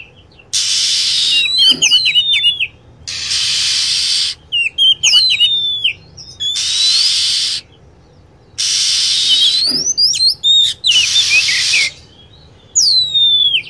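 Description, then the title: Lovebird calls, sharp piercing chirps with falling whistled sweeps, often in rapid runs, separated by long blocks of harsh hissing noise. Lure sound used to attract lovebirds. "PIKAT BURUNG LOVEBIRD"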